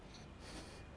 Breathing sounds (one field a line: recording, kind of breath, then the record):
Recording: one breath in and out by a microphone near the nose and mouth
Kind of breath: strong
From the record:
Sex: male